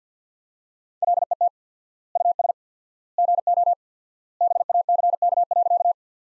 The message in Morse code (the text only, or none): LET US GO BACK.